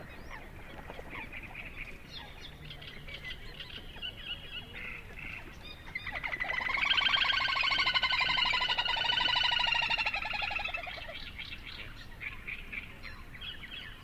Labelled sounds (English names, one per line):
Little Grebe call